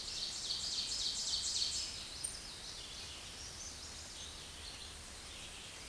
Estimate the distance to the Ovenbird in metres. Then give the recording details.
about 40 m. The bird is about 10 m above the microphone. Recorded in a Pennsylvania forest on 16 May 2024 at 07:33. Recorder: AudioMoth, point MSD-0475. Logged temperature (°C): 12.3 °C. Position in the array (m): 171 m, -34 m